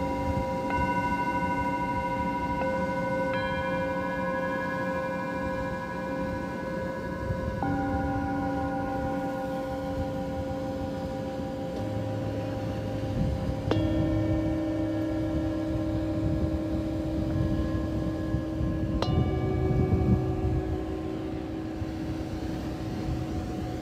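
Live sound healing on a beach: long ringing bowl and gong tones overlap and hum steadily, with fresh strikes near 8, 14 and 19 seconds over low rumbling.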